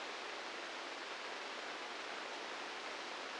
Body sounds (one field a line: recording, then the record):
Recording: brain microelectrode recording played as sound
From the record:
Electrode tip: inside the subthalamic nucleus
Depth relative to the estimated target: -3 mm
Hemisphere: right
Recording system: NeuroSet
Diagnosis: Parkinson's disease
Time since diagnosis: 15 years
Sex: female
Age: 59 years